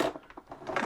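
A VEVOR 45 ft heavy-duty 12AWG/3C SJTOW retractable extension cord reel has its cord pulled past the lock point, and a series of light ratchet clicks is heard. At 0.8 s a louder click sounds as the ratchet lock pawl disengages and releases so the reel can retract the cord.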